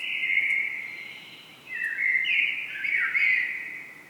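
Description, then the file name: Common blackbird singing: two sustained warbling phrases, the second broken by dips and rises in pitch, with a short pause between them. "Turdus merula"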